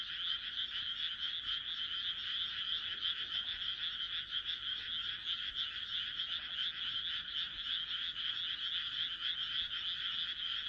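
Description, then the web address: Frog chorus, many overlapping rapid croaks blending into a steady high-pitched rattling drone throughout. "kaeru kaeru"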